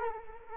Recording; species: mosquito wingbeat signal from an infrared sensor; Culex quinquefasciatus